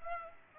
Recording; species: mosquito wingbeat signal from an infrared sensor; Aedes aegypti